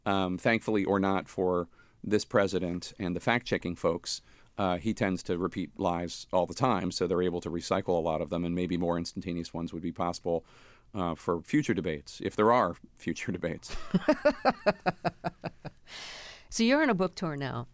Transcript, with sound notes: Thankfully or not for this president and the fact-checking folks, he tends to repeat lies all the time, so they're able to recycle a lot of them. And maybe more instantaneous ones would be possible for future debates if there are future debates.
(Laughter) So you're on a book tour now.